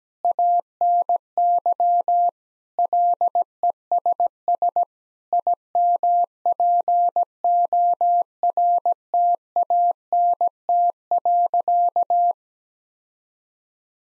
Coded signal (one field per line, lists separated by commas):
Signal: Morse code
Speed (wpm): 17 wpm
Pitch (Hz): 700 Hz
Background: none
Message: ANY LESS IMPORTANT.